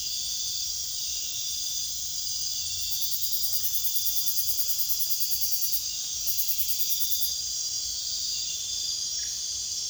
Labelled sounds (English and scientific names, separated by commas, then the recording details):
none
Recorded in pastures near Puerto Asís, Putumayo, Colombia, on 22 June 2025 at 00:00
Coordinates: 0.466, -76.322
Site GP07